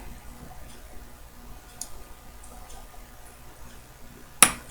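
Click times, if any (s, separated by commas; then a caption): 4.4 s. A precision-fit metal pin is pressed into its hole in the plate of a Slava 2428 mechanical watch movement during assembly. Faint, scattered light ticks sit over a low background hum until one sharp, bright metallic snap at 4.4 s. The pin snaps into place and is seated.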